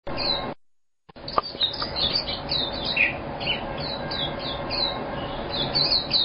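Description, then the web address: White-eye giving thin, high chirping notes in a steady twittering stream over a constant background hiss and hum, briefly interrupted near the start. "white eye bird call"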